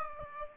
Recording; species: mosquito wingbeat signal from an infrared sensor; Aedes aegypti